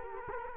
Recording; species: mosquito wingbeat signal from an infrared sensor; Culex quinquefasciatus